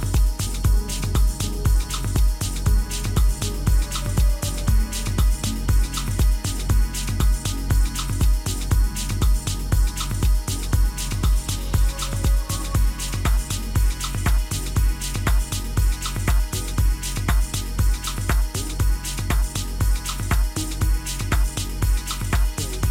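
At Tucson's Day of the Dead, a steady pounding drumbeat repeats about twice a second beneath sustained, unchanging tones for the whole stretch.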